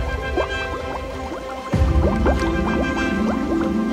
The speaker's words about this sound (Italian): Quindi l'intera famiglia dell'anatra si tuffò sott'acqua.